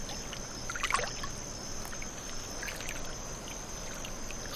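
Cricket giving a steady, unbroken high-pitched trill that runs throughout, with scattered splashing and dripping water sounds.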